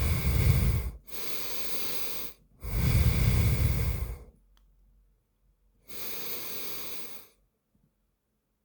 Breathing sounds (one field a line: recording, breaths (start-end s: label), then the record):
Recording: nose breathing near a microphone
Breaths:
0.00-0.78 s: exhalation
0.78-2.28 s: inhalation
2.28-4.13 s: exhalation
5.63-7.63 s: inhalation
From the record:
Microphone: phone